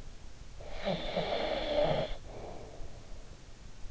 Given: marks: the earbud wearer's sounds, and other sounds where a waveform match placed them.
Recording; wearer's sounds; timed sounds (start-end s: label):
sounds in sleep by an in-ear microphone; snoring breath
0.26-3.48 s: snoring breath